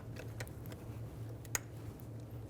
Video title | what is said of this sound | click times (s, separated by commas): How to Replace Engine Knock Sensor 2000-2007 Ford Focus | push until you hear a click if you don't give it a pull make sure it's locked in | 1.6 s